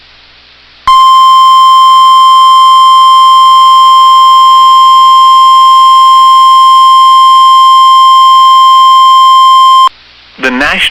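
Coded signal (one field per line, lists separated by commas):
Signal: Emergency Alert System (SAME) tones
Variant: 1050 Hz attention tone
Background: speech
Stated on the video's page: Severe thunderstorm warnings received on NOAA Weather Radio WXM99.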